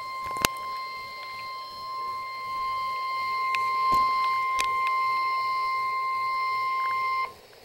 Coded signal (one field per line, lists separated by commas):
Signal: Emergency Alert System (SAME) tones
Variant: 1050 Hz attention tone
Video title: NOAA - Real EAS #12